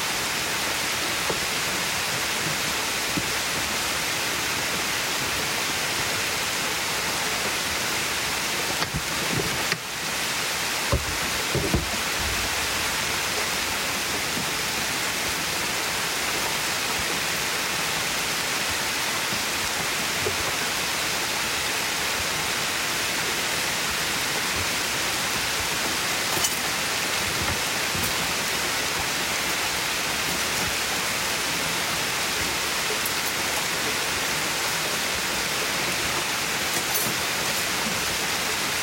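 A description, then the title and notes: Heavy rain from a thunderstorm at Mont Tremblant pours down as a steady, dense hiss that stays even and bright throughout. A few brief low knocks and crackles stand out around ten to twelve seconds and again near twenty-six seconds. Thunderstorms at Mont Tremblant.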